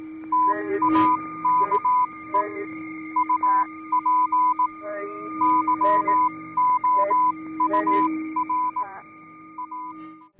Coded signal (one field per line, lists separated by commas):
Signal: Morse code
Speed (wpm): 18 wpm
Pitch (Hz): 1000 Hz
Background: speech, music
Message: TAKE UP YOUR A